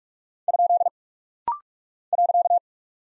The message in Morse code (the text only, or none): ? .